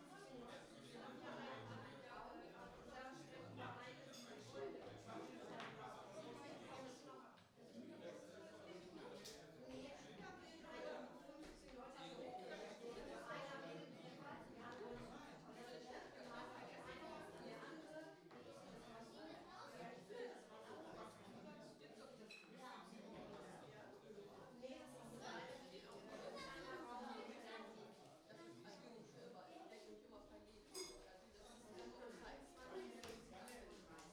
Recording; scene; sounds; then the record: everyday scene through a hearing-aid microphone; many people talking; many voices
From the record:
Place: parish hall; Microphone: in the ear canal, right